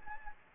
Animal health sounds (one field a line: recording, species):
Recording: mosquito wingbeat signal from an infrared sensor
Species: Anopheles gambiae